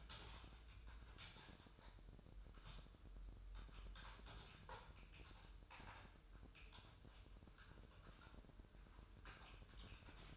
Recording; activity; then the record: daily activity, microphone in the room; typing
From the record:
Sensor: 2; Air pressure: 988.6 hPa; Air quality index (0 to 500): 202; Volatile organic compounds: 265 ppm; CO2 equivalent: 4400 ppm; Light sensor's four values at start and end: 21/74/28/28 and 21/74/28/28